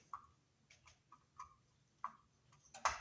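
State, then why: Seated. A plastic wiring harness plug is pushed into the back of a hardwired smoke detector, with several small, faint plastic ticks and clicks as it is worked into place. A louder, sharp snap at 2.9 s marks the connector latching, and it is seated.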